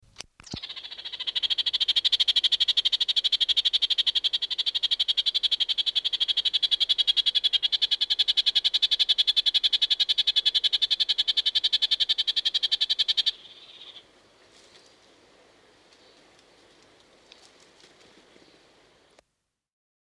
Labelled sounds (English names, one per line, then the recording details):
Red-crowned Parakeet
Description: New Zealand parakeet/kākāriki: red-crowned parakeet song. Adult red-crowned parakeet song
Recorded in New Zealand